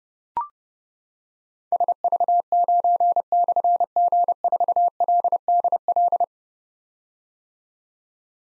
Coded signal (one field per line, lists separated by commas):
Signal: Morse code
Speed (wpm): 28 wpm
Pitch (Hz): 700 Hz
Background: none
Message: SV9/G4LDL